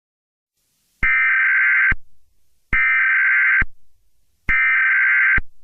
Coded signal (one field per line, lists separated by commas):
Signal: Emergency Alert System (SAME) tones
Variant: header bursts